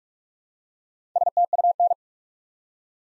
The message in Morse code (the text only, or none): STUN